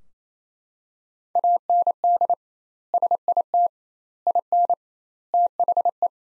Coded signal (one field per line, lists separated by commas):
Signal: Morse code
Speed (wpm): 28 wpm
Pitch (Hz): 700 Hz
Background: none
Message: AND SIT IN THE